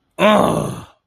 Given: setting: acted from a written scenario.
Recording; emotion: vocal sound without words; pain